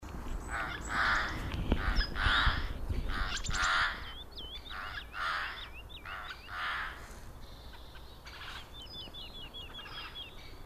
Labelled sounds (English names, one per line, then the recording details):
Eurasian Jay call
Wood Lark
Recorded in the wild
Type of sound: call
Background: Lullula arborea
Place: Schönow, Naturpark Barnim, Brandenburg, DE
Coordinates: 52.6815, 13.501
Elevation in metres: 63
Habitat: meadow
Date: 2014-03-02
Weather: sunny, 2-3°C, almost no wind
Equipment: Sound Devices 702, Sennheiser MKH 70, Rycote Windschutz
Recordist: Frommolt, Karl-Heinz
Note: Naturschutzgebiet Schönower Heide, nördlich des Rohrbruchs: Ruf eines Eichelhähers im Flug